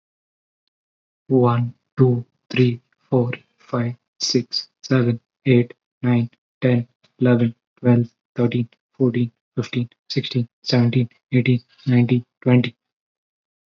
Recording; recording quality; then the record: counting at a normal pace; excellent, no background noise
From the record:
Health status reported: healthy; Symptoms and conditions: none ticked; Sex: male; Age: 22 years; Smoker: not ticked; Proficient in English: yes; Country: India